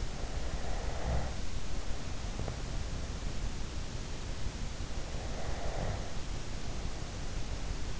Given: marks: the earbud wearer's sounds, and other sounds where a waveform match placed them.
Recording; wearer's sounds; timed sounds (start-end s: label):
sounds in sleep by an in-ear microphone; snoring breath, breath
0.00-2.86 s: snoring breath
4.97-7.89 s: breath